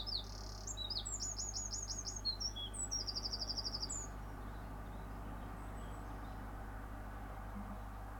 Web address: pdsounds sounds bird sings in the morning with cars in the background